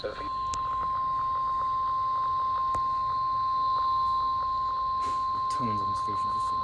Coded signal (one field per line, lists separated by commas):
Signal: Emergency Alert System (SAME) tones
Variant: 1050 Hz attention tone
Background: speech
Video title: A FIRST IN 14 YEARS... Severe Weather EAS Alert Compilation - 9/6/25 (EAS #2,306 - 2,370)